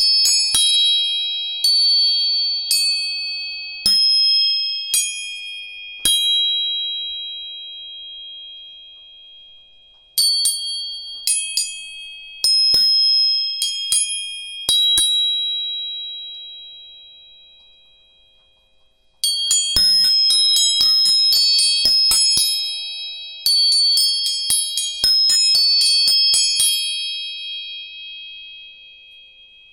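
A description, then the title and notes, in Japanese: A tuning fork is struck again and again, each strike giving a bright, pure ringing tone that lingers and slowly fades. Strikes come in spaced groups during the first fifteen seconds, then arrive in a denser, faster cluster from about nineteen seconds on, with overlapping tones. 音叉チューニング。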